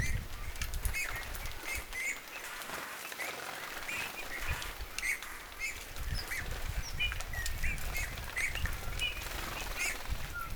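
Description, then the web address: Eurasian bullfinch giving soft buzzy calls, short notes repeated irregularly over constant low background noise. Soft buzzing calls; recorded 13 February 2026. "paivat 13 2 2026 punatulkun tuollaisia sarisevia aania"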